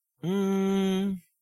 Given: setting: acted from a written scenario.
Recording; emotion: vocal sound without words; confusion